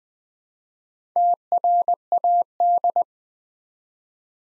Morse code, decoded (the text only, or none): TRAD